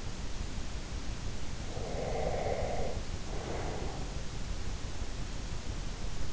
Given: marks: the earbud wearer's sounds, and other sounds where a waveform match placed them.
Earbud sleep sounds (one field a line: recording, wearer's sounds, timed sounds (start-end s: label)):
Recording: sounds in sleep by an in-ear microphone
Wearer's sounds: breath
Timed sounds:
1.68-4.07 s: breath